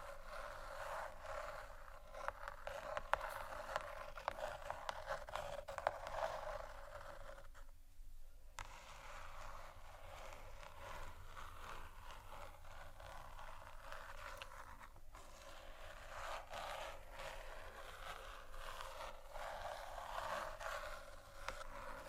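Dense, continuous scratching and crinkling on marble and wood, with small taps scattered throughout. The texture stays busy and bright, with a brief near-silent gap around eight seconds. A low steady rumble runs underneath the whole time.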